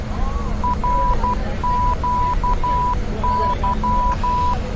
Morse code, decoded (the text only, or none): RQY